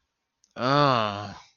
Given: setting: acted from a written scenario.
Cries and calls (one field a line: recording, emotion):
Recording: vocal sound without words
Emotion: disgust